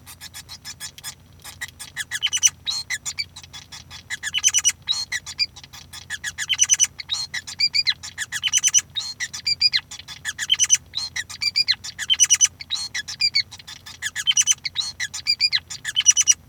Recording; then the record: song of a male Bengalese finch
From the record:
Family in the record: son of father 5